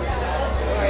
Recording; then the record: background sound without coughing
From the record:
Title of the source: CITY SOUNDS Busy Bar in the Evening Night - 2 HOURS of Ambiance for Relaxation